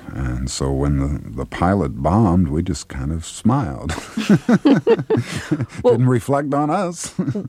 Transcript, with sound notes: And so when the pilot bombed, we just kind of smiled.
(LAUGHTER)
Well...
Didn't reflect on us.